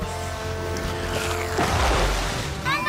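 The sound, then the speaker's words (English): A billy cart used as a boat churns through lake water with a rushing, splashing surge midway, over a steady low droning hum and faint tonal backing, ending with a brief rising whistle. “The billy cart is a billy boat, B1. Oh no, we're running out of lake!”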